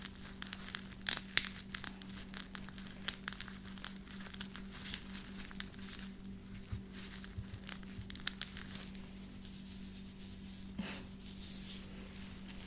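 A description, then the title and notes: Gloved scratching, a dry crinkly rustle made of many quick, irregular strokes, busiest in the first eight seconds and thinning out after. A few sharper scrapes stand out near 1, 3 and 8 seconds. A steady low hum runs underneath throughout. ASMR Scratching (With Gloves).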